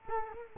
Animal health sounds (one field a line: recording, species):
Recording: mosquito wingbeat signal from an infrared sensor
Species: Culex quinquefasciatus